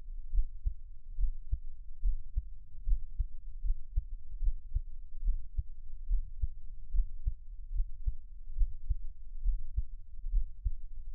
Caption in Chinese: 台灣ASMR | 獻上我的心跳 | Give my Heartbeat | NO Talking。